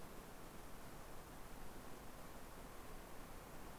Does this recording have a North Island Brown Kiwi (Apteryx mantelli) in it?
no